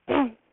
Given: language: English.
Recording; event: throat vibration sensor signal played as sound; throat clearing